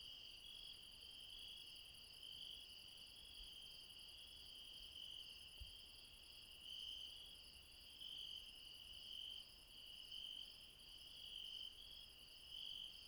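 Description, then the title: Insects trill steadily in a high chorus, one voice adding short brighter bursts roughly every second, a couple of faint low taps. Insects late at night in the mountains at Refuge Krevatia, Barbala, Dion, Greece. "Refuge Krevatia, Μπαρμπαλά, Dion 601 00, Greece - Late night mountain insects"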